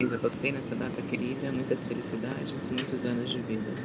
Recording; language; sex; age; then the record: short text; Brazilian Portuguese; female; 30 to 39 years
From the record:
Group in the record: control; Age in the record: 37 years